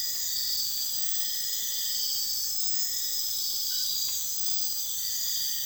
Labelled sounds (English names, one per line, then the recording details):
none
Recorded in dense forest near Puerto Asís, Putumayo, Colombia, on 19 February 2024 at 03:30
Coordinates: 0.485, -76.322
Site G6406